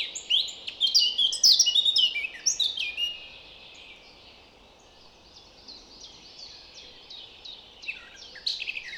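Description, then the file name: Eurasian blackcap song: a loud burst of fluty, jumbled warbling, then quieter, thinner notes trailing off and a final short phrase. "Sylvia atricapilla"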